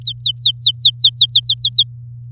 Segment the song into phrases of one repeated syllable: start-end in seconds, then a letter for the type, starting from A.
0.02-1.83 A